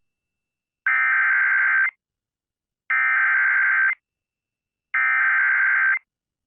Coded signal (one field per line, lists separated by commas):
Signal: Emergency Alert System (SAME) tones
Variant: header bursts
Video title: Moderate Madness | EAS Alerts from 3/2/23 (EAS #306-330)